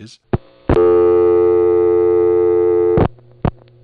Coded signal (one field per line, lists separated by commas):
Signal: telephone call progress tone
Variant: North America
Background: speech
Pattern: dial tone